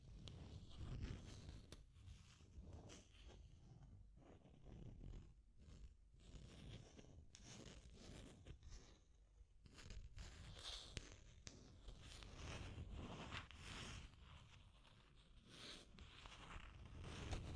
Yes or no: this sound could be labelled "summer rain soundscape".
no